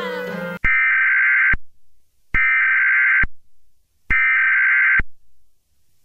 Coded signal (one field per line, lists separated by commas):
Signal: Emergency Alert System (SAME) tones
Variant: header bursts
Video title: EAS Flash Flood Warning on Small Pop (November 17th, 2010)